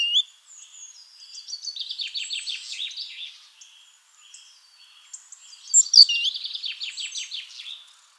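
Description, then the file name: Great tit chattering: two bursts of fast, buzzy, rattling high notes, each lasting about two seconds and separated by a quieter stretch of thin high twitters. "Parus major"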